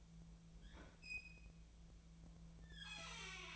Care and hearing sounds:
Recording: daily activity, microphone in the room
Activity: open fridge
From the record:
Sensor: 1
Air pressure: 1009.7 hPa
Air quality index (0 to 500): 192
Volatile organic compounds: 18 ppm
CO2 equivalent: 2636 ppm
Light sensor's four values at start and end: 28/72/30/36 and 28/72/30/35

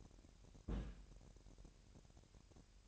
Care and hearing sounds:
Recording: daily activity, microphone in the room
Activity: place on stove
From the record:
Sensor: 2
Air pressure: 1011.9 hPa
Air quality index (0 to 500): 199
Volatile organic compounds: 3 ppm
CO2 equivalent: 1407 ppm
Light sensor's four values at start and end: 71/170/70/68 and 71/170/70/68

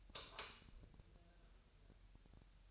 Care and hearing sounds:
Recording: daily activity, microphone in the room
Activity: light off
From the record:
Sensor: 2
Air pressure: 1001.8 hPa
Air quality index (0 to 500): 247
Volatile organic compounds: 35 ppm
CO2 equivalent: 3061 ppm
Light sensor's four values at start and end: 9/27/10/10 and 4/10/4/4

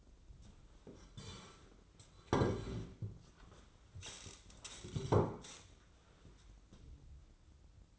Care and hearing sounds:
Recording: daily activity, microphone in the room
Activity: sit down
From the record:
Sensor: 3

